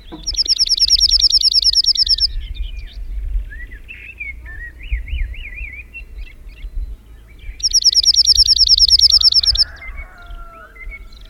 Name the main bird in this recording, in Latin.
Emberiza cirlus